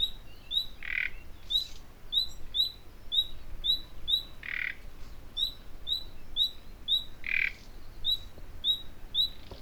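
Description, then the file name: Common nightingale calling with quick rising whistles in a rapid train, punctuated by three short guttural croaks. "Luscinia megarhynchos"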